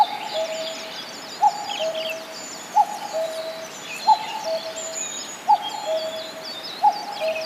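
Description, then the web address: Common cuckoo giving steady paired notes, high then lower, about every 1.4 seconds, while small birds twitter faintly above. "izumino saunndo kakkou"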